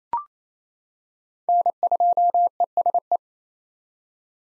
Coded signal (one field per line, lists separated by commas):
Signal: Morse code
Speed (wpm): 28 wpm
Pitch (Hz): 700 Hz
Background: none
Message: N2ESE